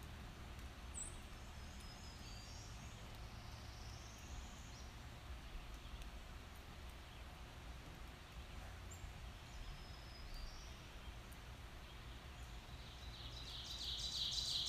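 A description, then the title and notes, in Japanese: A forest around a home in Quebec, with a steady low rumble underneath, faint bird calls now and then, and a brief bright chirping near the end. カナダはケベック州の森の中にある我が家。ある初夏の朝、何気ない我が家の日常音。何種類もの異なる鳥のさえずり。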